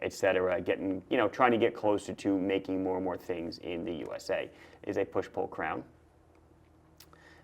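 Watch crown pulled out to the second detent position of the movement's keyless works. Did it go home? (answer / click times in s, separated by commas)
released / 7.0 s, 7.1 s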